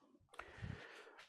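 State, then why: Seated. A turned wooden lid is pressed onto the base of a symmetrical wooden box. Two sharp clicks are heard at 0.3 and 0.4 seconds, and the lid snaps into place, seated.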